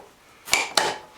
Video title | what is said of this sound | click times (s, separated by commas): Giving my GMC Safari grill and bumper a make-over | And these should just pop into place. | 0.5 s, 0.8 s